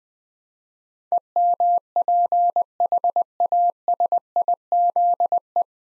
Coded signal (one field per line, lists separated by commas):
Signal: Morse code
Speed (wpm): 21 wpm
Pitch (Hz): 700 Hz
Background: none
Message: EMPHASIZE